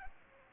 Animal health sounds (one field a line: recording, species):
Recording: mosquito wingbeat signal from an infrared sensor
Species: Aedes aegypti